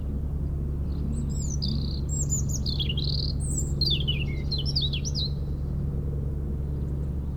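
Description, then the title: European robin singing thin, high, jittery phrases with quick rising and falling slurs and trills, over a loud, steady low rumble throughout. Robin singing in a hedge near Lac du Bourget, France, during helicopter lifting work for cliff repairs, sound echoing off a mountain; Zoom H4n Pro set vertically on ground. "4 Chem. de la Pointe Forestier, Brison-Saint-Innocent, France - Duo rouge-gorge hélicoptère"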